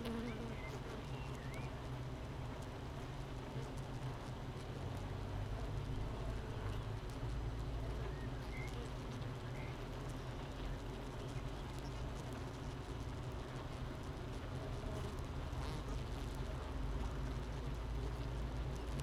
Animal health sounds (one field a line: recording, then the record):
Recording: honeybee colony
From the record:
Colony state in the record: missing queen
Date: 31 May 2018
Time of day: 7:48